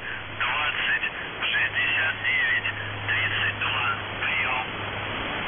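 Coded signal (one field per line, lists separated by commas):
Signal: numbers station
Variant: UVB-76, Russian voice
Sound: voice reading short words over radio with hiss and a steady low hum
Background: radio static, hum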